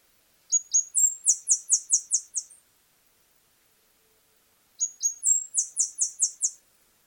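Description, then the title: Saffron-billed sparrow gives a very high, sharp phrase twice: a pair of slurred notes leading into a quick string of clipped notes, with silence between. "LuckyPassaro Completos2Sama. Saffron-billed Sparrow (Arremon flavirostris)"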